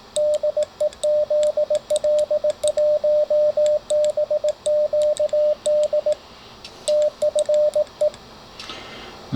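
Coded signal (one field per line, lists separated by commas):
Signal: Morse code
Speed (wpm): 18 wpm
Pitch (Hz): 600 Hz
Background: radio noise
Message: DE ZL1BQD TFE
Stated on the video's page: Sent with key paddles.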